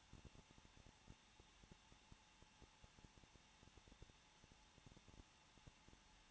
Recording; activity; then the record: daily activity, microphone in the room; no activity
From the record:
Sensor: 1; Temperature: 20.0 degrees Celsius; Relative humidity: 39.4%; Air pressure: 1006.4 hPa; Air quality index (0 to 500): 219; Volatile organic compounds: 83 ppm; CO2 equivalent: 3629 ppm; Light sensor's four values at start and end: 1/2/1/1 and 1/2/1/1